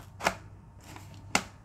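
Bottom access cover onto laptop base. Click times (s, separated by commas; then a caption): 1.4 s. The plastic bottom access cover of an HP EliteBook 2560p is placed on the laptop base and slid upward until it latches shut. A bright broadband burst sounds near 0.3 s, then a faint, dry sliding rasp runs from about 0.8 to 1.2 s. A sharp, loud click at 1.4 s marks the cover seated and latched.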